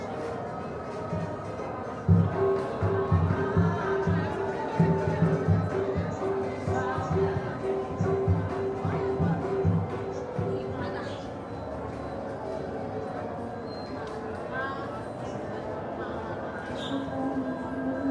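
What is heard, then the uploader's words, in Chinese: A city street in Surabaya, East Java, at the time of the evening call to prayer. A steady wash of traffic and voices runs throughout, with a sustained tone holding from about two to eleven seconds, then fainter tones and murmuring chatter continuing. Urban Soundscapes - East Java, call to evening prayers in Surabaya recorded by Nigel Brown。東爪哇泗水市區的街巷空間，以及正值穆斯林晚間拜禱時刻的聲音風景。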